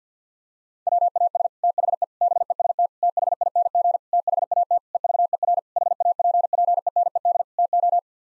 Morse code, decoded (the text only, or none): WAS THE BEST THING THAT EVER HAPPENED TO